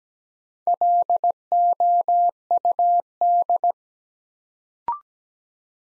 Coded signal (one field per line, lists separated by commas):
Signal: Morse code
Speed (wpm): 17 wpm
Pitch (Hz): 700 Hz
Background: none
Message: LOUD